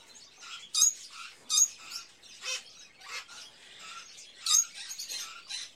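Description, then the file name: Birds chirping and squeaking, sharp high notes and short raspy calls scattered irregularly among a low chatter of other birds. Various birds in a pet shop, ambience. "Sound Ideas 2000 Series - Birds, Various Birds In A Pet Shop, Ambience"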